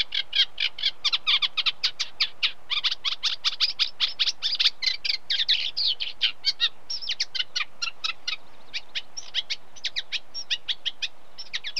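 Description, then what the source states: Eurasian Reed Warbler singing a fast, jerky stream of grating and chirping notes that slows toward the end into spaced, repeated notes. Unmated male singing.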